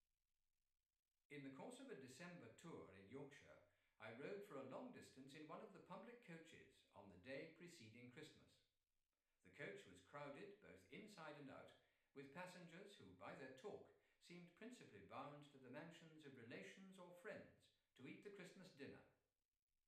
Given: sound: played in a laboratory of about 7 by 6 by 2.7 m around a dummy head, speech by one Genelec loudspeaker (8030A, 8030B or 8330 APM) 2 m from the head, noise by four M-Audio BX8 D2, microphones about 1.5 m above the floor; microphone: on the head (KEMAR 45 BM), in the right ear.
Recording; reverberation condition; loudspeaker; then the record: male speech in English; medium; 150 degrees to the right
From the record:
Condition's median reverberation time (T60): about 510 ms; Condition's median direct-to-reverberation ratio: about -0.5 dB